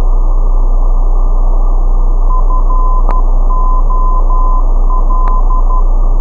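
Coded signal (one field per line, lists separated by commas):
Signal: Morse code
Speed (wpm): 12 wpm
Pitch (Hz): 1020 Hz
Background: none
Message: FOL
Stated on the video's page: VOR/DME navaid ident received in AM mode on 115.750 MHz with a Perseus SDR receiver and dipole antenna.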